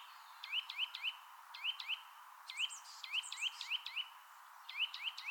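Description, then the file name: Eurasian nuthatch giving short upslurred whistles in quick pairs and triplets, pausing briefly between bursts; faint high chirps behind. "Sitta europaea"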